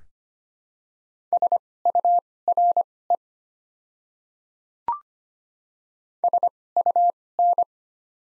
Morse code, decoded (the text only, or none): SURE SUN